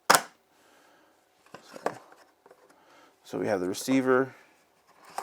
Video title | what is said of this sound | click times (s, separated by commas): 7RYMS iRAY DW30 Wireless-Lavalier-Microphone System (Quick Look Kind of) | This is magnetic too, so it just snaps right in. | 0.1 s